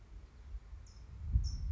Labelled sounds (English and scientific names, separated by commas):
California Towhee (Melozone crissalis)